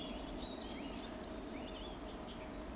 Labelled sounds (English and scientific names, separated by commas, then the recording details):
Eurasian Woodcock (Scolopax rusticola) whistle
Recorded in Baden-Württemberg, Germany, on 11 June 2020 at 20:09 UTC
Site 14569, 102 m above sea level